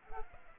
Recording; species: mosquito wingbeat signal from an infrared sensor; Culex pipiens